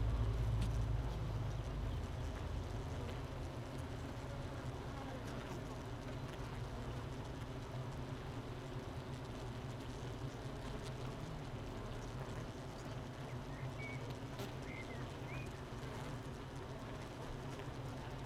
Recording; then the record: honeybee colony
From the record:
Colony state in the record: missing queen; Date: 31 May 2018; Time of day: 7:49